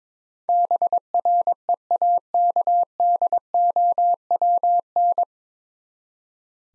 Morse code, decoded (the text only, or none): BREAKDOWN